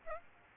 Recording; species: mosquito wingbeat signal from an infrared sensor; Aedes aegypti